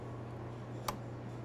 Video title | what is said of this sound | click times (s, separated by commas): Inside Boodles: The World's Most Expensive Jewelry - Our Stories | the clasp Works reliably it should make an audible snapping sound as it locks into place | 0.9 s